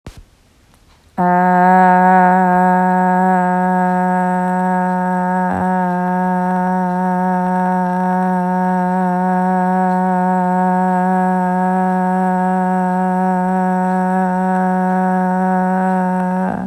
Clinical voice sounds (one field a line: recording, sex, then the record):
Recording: sustained vowel /a/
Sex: female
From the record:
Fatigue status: fatigue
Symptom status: symptomatic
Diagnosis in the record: COVID-19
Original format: m4a